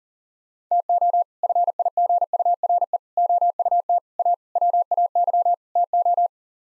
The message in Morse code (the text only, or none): TO FIGURE OUT A WAY TO